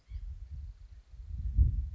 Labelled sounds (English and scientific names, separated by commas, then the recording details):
White-breasted Nuthatch (Sitta carolinensis)
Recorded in Sonoma County, California